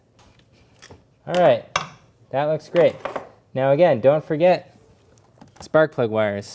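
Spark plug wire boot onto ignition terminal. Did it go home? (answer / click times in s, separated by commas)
no / none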